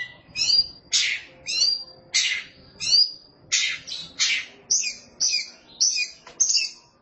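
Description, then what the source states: Oriental magpie-robin song: loud phrases in quick succession, mixing sharp notes and bright whistles with varied sweet and scratchy elements. Song of the kacer.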